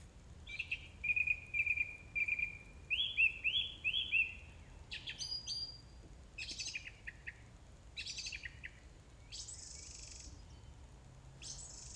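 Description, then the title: Song thrush song: a clear whistled note repeated three times, then another phrase given a few times, followed by scratchy chattering phrases. Recorded 4 May 2021 at 20:35. "2021-05-04 20-35-13-Song-Thursh-4 th-May-2021"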